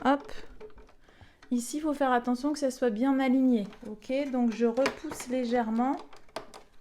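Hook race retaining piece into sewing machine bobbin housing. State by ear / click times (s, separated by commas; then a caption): seated / 6.4 s. During reassembly after cleaning a Brother Innovis F420 sewing machine, the plastic/metal hook-race retaining piece is hooked onto its lug in the bobbin housing and pushed lightly back while someone talks. It clips home with a sharp click at 6.4 s, seated and properly aligned.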